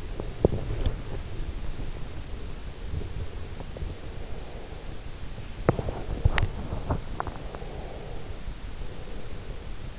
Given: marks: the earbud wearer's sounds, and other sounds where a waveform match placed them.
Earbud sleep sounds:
sounds in sleep by an in-ear microphone; teeth grinding, breath
0.00-1.65 s: teeth grinding
4.06-5.26 s: breath
5.26-7.24 s: teeth grinding
7.24-9.90 s: breath

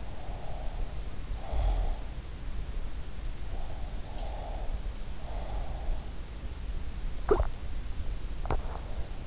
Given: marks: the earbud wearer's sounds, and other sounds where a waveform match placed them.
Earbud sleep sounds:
sounds in sleep by an in-ear microphone; snoring breath, breath, swallowing
0.00-1.87 s: snoring breath
3.60-5.89 s: breath
4.33-4.58 s: sound from someone else or the room
7.17-7.58 s: swallowing
8.37-8.88 s: swallowing

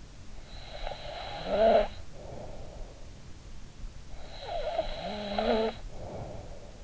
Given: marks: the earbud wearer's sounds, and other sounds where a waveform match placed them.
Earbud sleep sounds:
sounds in sleep by an in-ear microphone; snoring breath
0.47-3.11 s: snoring breath
4.17-6.84 s: snoring breath

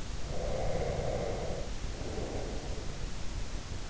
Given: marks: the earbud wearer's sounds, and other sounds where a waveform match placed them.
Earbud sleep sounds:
sounds in sleep by an in-ear microphone; breath
0.23-3.05 s: breath

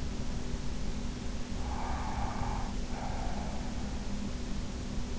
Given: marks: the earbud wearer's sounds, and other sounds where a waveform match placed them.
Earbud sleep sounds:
sounds in sleep by an in-ear microphone; breath
1.59-3.70 s: breath

